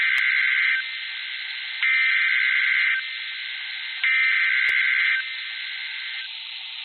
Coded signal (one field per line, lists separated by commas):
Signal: Emergency Alert System (SAME) tones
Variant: header bursts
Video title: Severe Thunderstorm Warning (Streamed) (EAS Alert #586)